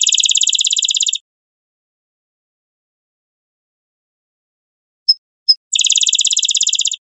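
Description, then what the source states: Rufous-winged sparrow singing a rapid dry trill, then silence, two crisp chips, and a second matching trill. Recorded 28 April 2001.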